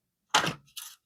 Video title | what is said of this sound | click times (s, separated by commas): Lionel 6-18261, BN SD-60 Cosmetic Repair | clicked into place | 0.3 s